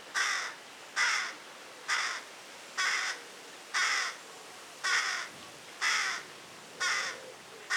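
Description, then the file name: Carrion crow uttering hoarse, croaking caws in a regular sequence, roughly one each second, against a quiet backdrop. "Corvus corone"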